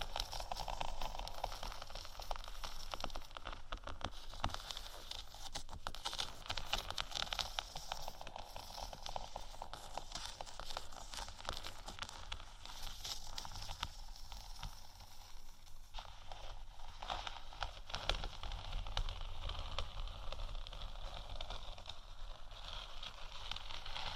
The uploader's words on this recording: ASMR Gentle Faux Leather Scratching & Tapping（No Talking）.